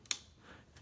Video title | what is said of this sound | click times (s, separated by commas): Sharp TV Black Screen Repair - Sharp Model LC-58Q737OU Backlight Repair | for the click and now we have that installed | 0.1 s